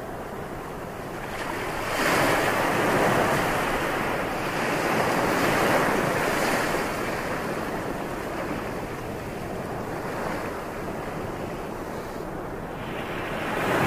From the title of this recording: NATURE ASMR x OCEAN SOUNDS